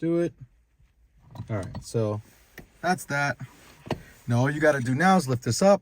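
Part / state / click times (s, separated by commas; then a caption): locking collar of a shift knob on a car gear shifter / not seated / none. Someone talks while handling an aftermarket Hybrid Racing shift knob assembly just threaded onto the gear shifter of a 2003–2007 Honda Accord, getting ready to lift its bottom locking collar so it locks in place. Nothing has clicked or seated yet.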